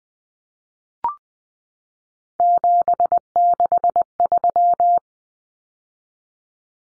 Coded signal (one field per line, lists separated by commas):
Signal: Morse code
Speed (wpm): 20 wpm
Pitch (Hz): 700 Hz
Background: none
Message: 763